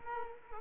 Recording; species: mosquito wingbeat signal from an infrared sensor; Culex quinquefasciatus